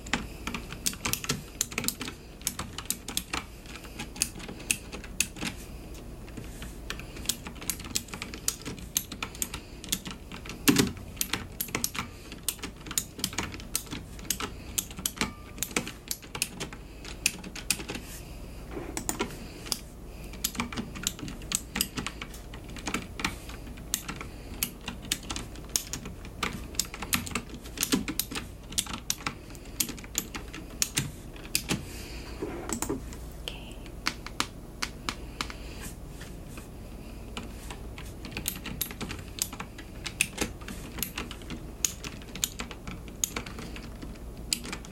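Rapid keyboard typing fills the whole stretch, a dense patter of sharp clicks with short pauses and uneven bursts. Louder key strikes stand out every few seconds, and a faint low rustle runs underneath the whole time.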